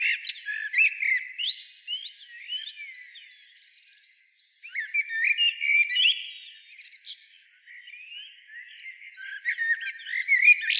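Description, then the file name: Common blackbird singing three phrases mixing fluted warbling and high squeaky twitters, separated by short pauses. "Turdus merula"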